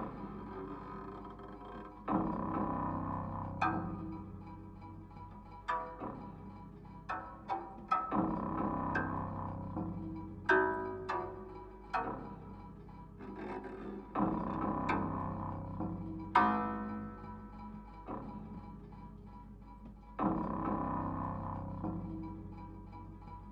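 Everyday objects and natural materials played as invented instruments, struck in a loose, irregular rhythm. Each hit rings out with a full, resonant body and decays slowly over a second or two, with sharper accents near 2, 6, 10, 14, 16 and 20 seconds.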